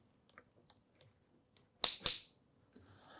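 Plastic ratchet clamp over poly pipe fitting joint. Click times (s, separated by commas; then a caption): 1.6 s, 1.8 s, 2.1 s. Multi-grip pliers squeeze a plastic ratchet clamp tighter over a poly pipe fitting joint. After faint ticks at 0.4, 0.7 and 1.0 seconds, the clamp clicks at 1.6, 1.8 and 2.1 seconds, with the last two sharp and loud, followed by a soft rustle. The clamp ends up seated tight on the joint.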